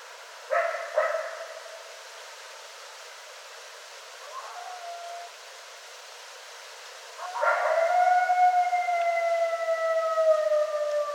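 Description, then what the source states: Coyote yips and howls: two sharp harmonic yips, a short faint wavering note, then a long sustained howl that slowly drifts downward. Recorded 24 January 2013; coyotes.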